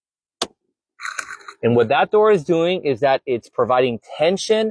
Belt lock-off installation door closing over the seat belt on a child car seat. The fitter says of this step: going to push it all the way down until you hear the clicking sound.